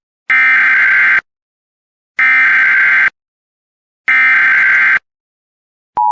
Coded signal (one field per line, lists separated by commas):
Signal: Emergency Alert System (SAME) tones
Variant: header bursts